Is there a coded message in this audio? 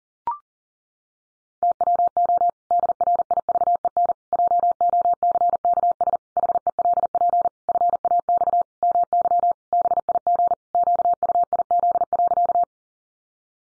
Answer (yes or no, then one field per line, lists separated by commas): yes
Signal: Morse code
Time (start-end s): 1.6-12.6 s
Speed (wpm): 40 wpm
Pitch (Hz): 700 Hz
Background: none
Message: TWO DRIVEN JOCKS HELP FAX MY BIG QUIZ.